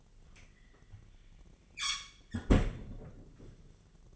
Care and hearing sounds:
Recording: daily activity, microphone in the room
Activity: close fridge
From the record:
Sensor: 4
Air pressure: 1010.5 hPa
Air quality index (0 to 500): 178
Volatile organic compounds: 5 ppm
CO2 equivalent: 1799 ppm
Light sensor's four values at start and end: 28/83/32/33 and 33/98/39/39

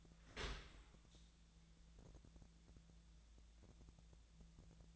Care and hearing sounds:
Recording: daily activity, microphone in the room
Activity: open dishwasher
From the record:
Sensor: 3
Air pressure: 1000.5 hPa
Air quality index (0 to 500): 174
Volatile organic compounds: 3 ppm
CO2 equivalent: 1510 ppm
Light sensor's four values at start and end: 13/35/14/15 and 13/35/14/15

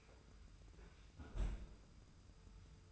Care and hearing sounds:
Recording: daily activity, microphone in the room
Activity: close fridge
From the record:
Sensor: 2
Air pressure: 990.8 hPa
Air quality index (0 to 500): 129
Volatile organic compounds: 129 ppm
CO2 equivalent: 3924 ppm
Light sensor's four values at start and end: 20/48/19/19 and 20/48/19/19

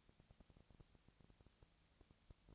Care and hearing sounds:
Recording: daily activity, microphone in the room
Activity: no activity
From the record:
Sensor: 3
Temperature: 20.4 degrees Celsius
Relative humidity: 34.4%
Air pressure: 997.0 hPa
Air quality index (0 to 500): 205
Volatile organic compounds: 68 ppm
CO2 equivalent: 3498 ppm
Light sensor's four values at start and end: 2/3/2/2 and 2/3/2/2

